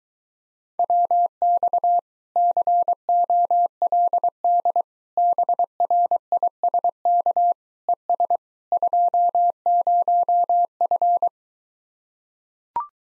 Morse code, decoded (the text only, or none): WX COLD BRISK ES 20F